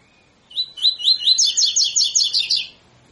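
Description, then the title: Double-collared seedeater singing a single phrase, several rising whistled notes followed by a fast, bright, repeated trill. Tutor song used for training birds; song style called tui tui fibra. "COLEIRO TUI TUI FIBRA CANTO PROFESSOR"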